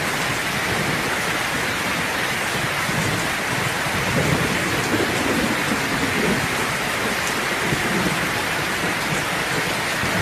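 Heavy rain pours down steadily in a dense, unbroken hiss across the whole clip. Wind adds a low rushing swell in the background, rising slightly around the middle, while the level stays loud and constant throughout.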